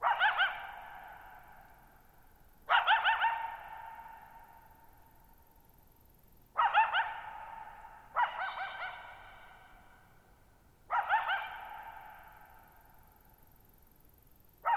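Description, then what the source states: Coyote barking in sharp bursts, each bark a harmonic-rich yelp with quick yips that ring out in a long fading echo, several bursts in steady quiet. Lone coyote at night, July 14, 2019, Thirtymile Meadows, Okanogan National Forest, Okanogan High Country, Pacific Northwest, 6400 ft (1950 m); high dry plateau, shallow-bowl meadow.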